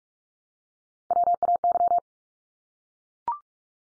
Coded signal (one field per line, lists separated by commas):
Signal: Morse code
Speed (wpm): 44 wpm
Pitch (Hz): 700 Hz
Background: none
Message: WAY